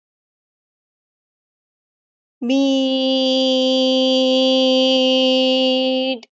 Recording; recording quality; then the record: sustained vowel as in beet; poor, much background noise or distortion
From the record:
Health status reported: exposed to COVID-19, no respiratory illness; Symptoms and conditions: none ticked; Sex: female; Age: 26 years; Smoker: not ticked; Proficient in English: yes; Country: India